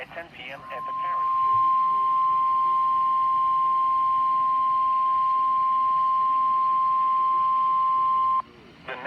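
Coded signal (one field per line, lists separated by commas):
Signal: Emergency Alert System (SAME) tones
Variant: 1050 Hz attention tone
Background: speech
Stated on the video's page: Real severe thunderstorm warning alerts from NOAA Weather Radio, recorded on an iPad.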